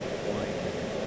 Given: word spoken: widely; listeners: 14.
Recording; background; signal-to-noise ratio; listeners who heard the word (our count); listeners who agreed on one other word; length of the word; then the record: one English word in noise, from a listening test; speech-shaped noise; -6.6 dB; 1 of 14; 7 of 14; 0.67 s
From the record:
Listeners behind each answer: 7, 2, 1, 1, 1, 1, 1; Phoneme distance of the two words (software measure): 24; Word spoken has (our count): 2 syllables, 5 phonemes, stress on syllable 1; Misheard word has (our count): 1 syllable, 3 phonemes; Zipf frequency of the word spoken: 4.04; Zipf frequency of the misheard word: 4.84